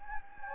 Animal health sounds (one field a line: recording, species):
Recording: mosquito wingbeat signal from an infrared sensor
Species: Anopheles gambiae